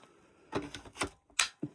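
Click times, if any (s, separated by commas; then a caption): 1.4 s. The end of the plastic vacuum hose on a Shark Duo Clean Detect XL LA791UKT is pushed into its socket on the vacuum, with a few plastic knocks and rubs around 0.5–1.0 s. A sharp click at 1.4 s marks the hose end seating into place, followed by a softer knock at about 1.6 s.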